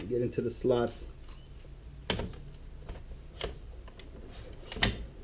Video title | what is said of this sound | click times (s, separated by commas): R56 Mini Cooper - LCD screen replacement | then once you hear that click now she'd locked it in place and hopefully | 4.8 s